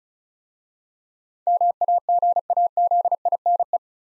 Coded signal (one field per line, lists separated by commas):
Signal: Morse code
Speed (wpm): 36 wpm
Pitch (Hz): 700 Hz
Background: none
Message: MAGAZINE